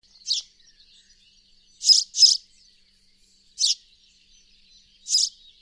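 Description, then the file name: House sparrow chirping: five high, sharp chirps, two in quick succession near the middle, with quiet pauses between them. "Passer domesticus"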